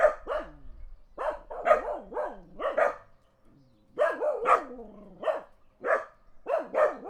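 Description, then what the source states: Dog barking steadily in rapid runs of several barks, with a short pause midway and faint low rumble at the start. Dogs barking in the countryside as a car passes.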